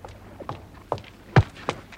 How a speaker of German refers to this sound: Glücklicherweise hörte ich Schritte näher kommen. Rasche Schritte.